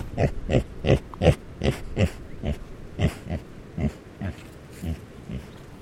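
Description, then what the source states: Pig grunting in a steady series, deep short grunts two or three per second, some louder and rougher, over a soft background hiss. Tamworth breed pig giving a sequence of grunts.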